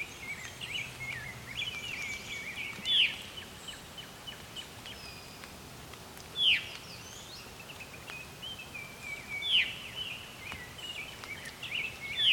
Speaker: I don't think I've ever recorded a veery this close before.